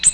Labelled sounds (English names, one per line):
Ovenbird flight call